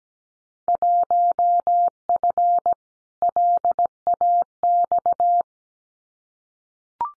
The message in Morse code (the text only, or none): 1F LAX